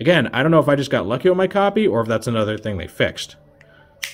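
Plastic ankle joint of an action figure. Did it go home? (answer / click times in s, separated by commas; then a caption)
released / 4.0 s. Someone talks while working the plastic ankle joint of an action figure, pushing up on it to free it from its soft lock because the joint is a little tight. After the talking, a faint tick sounds at 3.6 s. A sharp click follows at 4.0 s as the ankle lock clicks open and releases.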